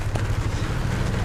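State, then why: Not seated. A wiper blade is turned the right way round on a 2020 Renault Kangoo II van, ready to have its plastic lock pressed shut onto the wiper arm. Over a steady low rumble with wind-like noise, a brief sharp handling sound comes at 0.2 s. Nothing has seated or clicked yet.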